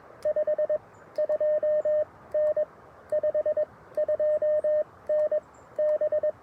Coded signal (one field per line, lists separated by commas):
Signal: Morse code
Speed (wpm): 21 wpm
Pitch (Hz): 610 Hz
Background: radio noise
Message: 52N 52N B